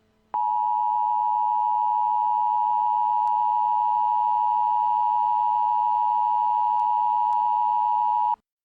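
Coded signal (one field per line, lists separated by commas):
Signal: Emergency Alert System (SAME) tones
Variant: 853 and 960 Hz attention tone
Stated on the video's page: Fictional EAS scenario about a blizzard.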